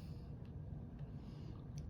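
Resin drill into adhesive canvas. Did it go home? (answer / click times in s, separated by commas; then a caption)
no / none. Resin diamond-painting drills are pressed into an adhesive canvas over a low, steady rumble, with a faint tap at about 1.8 s. The drills go in, but nothing has clicked yet.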